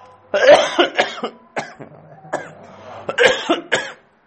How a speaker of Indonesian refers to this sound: Tadi kok batuk ya?